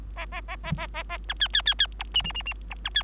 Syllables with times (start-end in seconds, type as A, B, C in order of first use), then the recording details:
0.16-0.26 A, 0.32-0.41 A, 0.48-0.56 A, 0.63-0.72 A, 0.76-0.87 A, 0.94-1.03 A, 1.09-1.18 A, 1.28-1.34 B, 1.40-1.48 C, 1.53-1.62 C, 1.66-1.74 C, 1.79-1.86 C, 1.99-2.03 D, 2.14-2.22 E, 2.24-2.32 E, 2.34-2.43 E, 2.45-2.54 E, 2.70-2.74 D, 2.84-2.90 B, 2.94-3.03 C. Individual Bird3